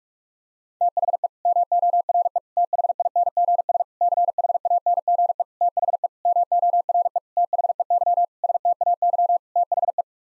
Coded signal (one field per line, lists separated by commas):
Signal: Morse code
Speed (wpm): 41 wpm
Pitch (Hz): 700 Hz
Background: none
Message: THE MORE THINGS CHANGE THE MORE THEY STAY THE